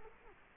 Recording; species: mosquito wingbeat signal from an infrared sensor; Culex quinquefasciatus